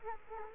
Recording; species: mosquito wingbeat signal from an infrared sensor; Culex quinquefasciatus